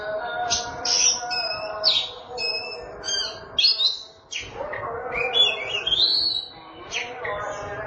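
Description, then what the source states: Oriental magpie-robin song of high whistles, squeaky chips and a rising-falling warble, accompanied by a continuous low droning hum. Kacer song.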